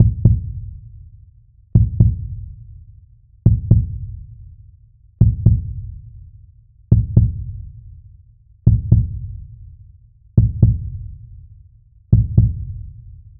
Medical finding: Medical Heartbeat Steady.